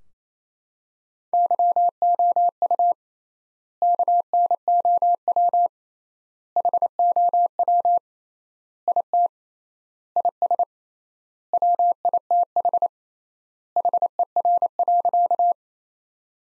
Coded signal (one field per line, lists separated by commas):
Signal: Morse code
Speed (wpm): 28 wpm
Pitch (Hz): 700 Hz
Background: none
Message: YOU KNOW HOW IT IS WITH HER.